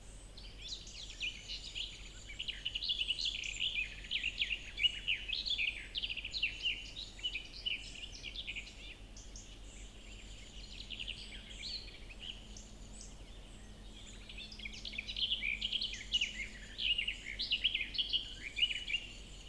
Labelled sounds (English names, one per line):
Garden Warbler song